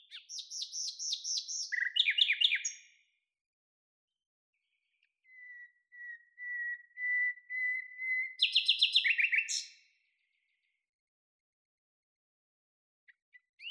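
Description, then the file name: Common nightingale song with fast rattling trills, a pause, then a run of pure whistled notes swelling in loudness, ending in a loud rapid chattering burst. "Luscinia megarhynchos"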